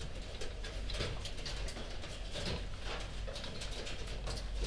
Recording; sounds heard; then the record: poultry house recording; healthy chickens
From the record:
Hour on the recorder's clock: 1